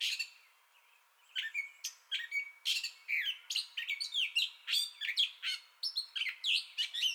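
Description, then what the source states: Gray catbird song opening with a brief note and a quiet second, then a steady stream of harsh squeaks, nasal notes and bright whistled slurs in quick, varied succession. Entire song bout, recorded 30 May 2021.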